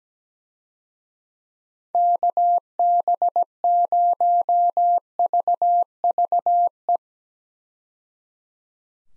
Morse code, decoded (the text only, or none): KB0VVE